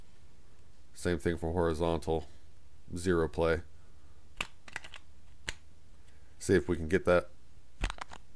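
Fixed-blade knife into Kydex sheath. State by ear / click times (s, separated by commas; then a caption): not seated / none. A Bradford Knives G-Necker fixed-blade neck knife is handled with its Kydex sheath while someone talks, with short sharp handling taps and clicks between the speech. The knife has not yet snapped into the sheath's retention; nothing has seated or clicked into place yet.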